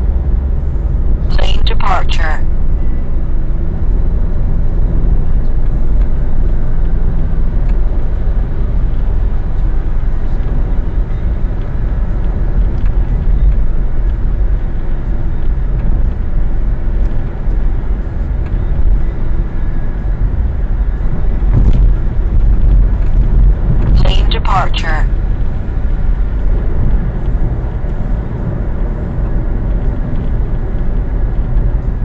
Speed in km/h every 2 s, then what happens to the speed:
59, 62, 65, 68, 72, 74, 76, 78, 78, 78, 77, 80, 80, 82, 79, 74.
0-15 speeds up to 78. 15-26 steady at about 78. 26-32 slows to 74.